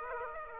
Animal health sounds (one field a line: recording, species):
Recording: mosquito wingbeat signal from an infrared sensor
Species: Aedes aegypti